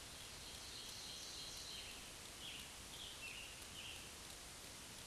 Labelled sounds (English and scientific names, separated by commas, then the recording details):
Scarlet Tanager (Piranga olivacea) song
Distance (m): 105 m
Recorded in a Pennsylvania forest on 1 June 2023 at 08:08
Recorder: AudioMoth, point grid3_37_low
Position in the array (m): 164 m, 141 m